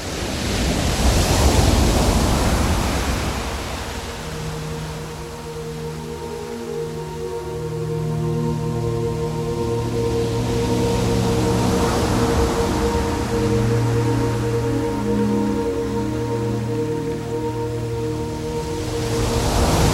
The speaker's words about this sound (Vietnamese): Chim bay qua biển rộng thì sóng gió thét gào như muốn nhận chìm tất cả.